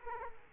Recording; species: mosquito wingbeat signal from an infrared sensor; Aedes aegypti